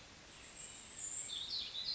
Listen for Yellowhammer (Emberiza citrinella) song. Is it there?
no